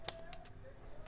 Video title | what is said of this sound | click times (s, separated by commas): How To Install A Downpipe On Your BMW B58 M340i! Active Autowerke | wait till it to click fully | 0.1 s